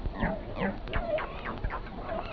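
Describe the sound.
Whale calls: a dense stream of squeaky rising and falling whistles and sweeps, overlapping rapidly, with low pulsing sounds beneath.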